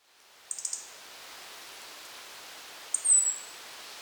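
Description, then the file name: European robin giving a quick burst of sharp ticks, then after a pause a single thin, very high descending whistle, with soft background hiss. "Erithacus rubecula"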